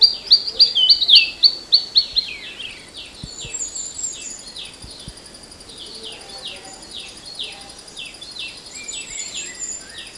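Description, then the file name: Temminck's babbler calls: a rapid run of sharp, downslurred chirps, louder at first and then fading, over a steady high insect whine. Recorded on 14 August 2009. "20090814"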